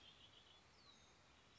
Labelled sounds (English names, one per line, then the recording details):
Red-winged Blackbird
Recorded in Sonoma County, California